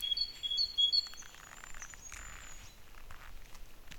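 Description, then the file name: Great tit song: a quick two-note phrase, higher then lower, repeated about three times in the first second, followed by thin high notes from another bird. "Parus major"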